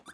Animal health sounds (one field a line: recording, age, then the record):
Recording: pig call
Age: piglet (1 to 25 days)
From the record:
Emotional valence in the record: negative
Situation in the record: long isolation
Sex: male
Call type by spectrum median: low-frequency call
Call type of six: mixed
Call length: 0.13 s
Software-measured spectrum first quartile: 1183 Hz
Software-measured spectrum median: 2323 Hz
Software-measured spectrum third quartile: 7316 Hz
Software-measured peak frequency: 1581 Hz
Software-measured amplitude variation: 275 dB a second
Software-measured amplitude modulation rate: 7.5 a second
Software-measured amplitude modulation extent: 36.6 dB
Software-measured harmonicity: 6.9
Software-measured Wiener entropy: -2.64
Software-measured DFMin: 687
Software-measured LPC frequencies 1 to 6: 1519, 3589, 4823, 5994, 6978, 8270 Hz